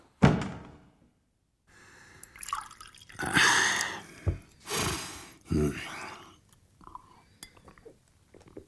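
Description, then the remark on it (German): A drink is poured into a glass during a court recess: liquid splashes and gurgles in a few uneven pours, broken by soft knocks and a light clink of glassware, fairly quiet throughout. “Oh, gieß dir auch ein Glas ein,”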